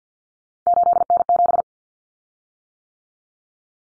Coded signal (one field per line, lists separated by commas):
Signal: Morse code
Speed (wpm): 50 wpm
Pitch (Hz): 700 Hz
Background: none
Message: 8N7